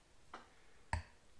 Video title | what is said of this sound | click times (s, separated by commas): CL125 Head Cleaning, Valve Lapping and Installation of Rocker Arms - Restoration Video #5 | evenly there it went hopefully you heard it click | 0.9 s